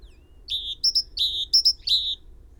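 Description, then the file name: Great tit song, a rapid steady run of fuller lower ringing notes alternating with pairs of bright high notes. "Parus major"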